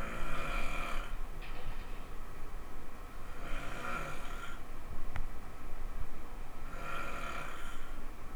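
An adult sleeper snoring, with three low-pitched snores spaced about three seconds apart.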